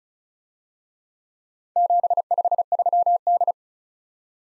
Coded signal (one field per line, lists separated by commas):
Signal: Morse code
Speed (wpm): 36 wpm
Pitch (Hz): 700 Hz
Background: none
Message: 753D